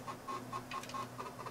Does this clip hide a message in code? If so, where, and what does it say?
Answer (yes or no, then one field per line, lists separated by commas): no